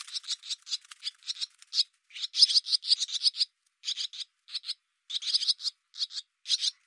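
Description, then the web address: Barn swallow calls: a fast series of harsh, scratchy notes in bursts, with short pauses and no other clear sounds. "cianscape birddata Deverinetal 2025"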